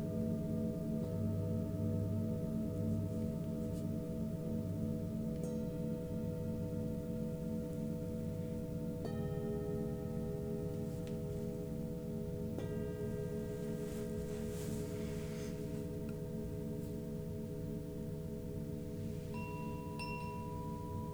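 Singing bowls ring in overlapping sustained tones, with new strikes near 1, 5, 9, 12.5 and 19 seconds adding brighter pitches above a steady low hum.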